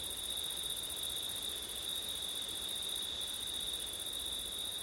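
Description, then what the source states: High, unbroken cricket trilling with a short gap in the topmost tone around three seconds, over a steady soft hiss. September night, with wind; ORTF stereo microphone setup.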